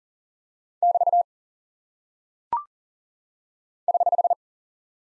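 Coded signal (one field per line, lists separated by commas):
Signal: Morse code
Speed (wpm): 39 wpm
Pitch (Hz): 700 Hz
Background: none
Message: <BT> <HH>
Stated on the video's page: Morse code head-copy drill of punctuation and prosign characters at 40 wpm, each sent twice around a spoken answer.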